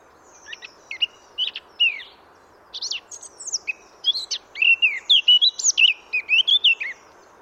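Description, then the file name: Eurasian blackcap singing a jumbled, scratchy warble that builds into loud, clear, fluting whistles toward the end. "Sylvia atricapilla"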